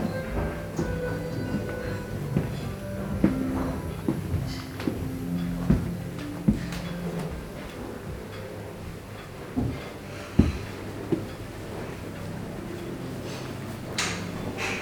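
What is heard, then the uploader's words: Sounds at Castel Fragsburg in Meran: a steady low murmur with scattered knocks, clicks and brief thuds, the sharpest near ten seconds. Immersive Binaural 3D Audio: Sounds of Castel Fragsburg - Meran, Italien.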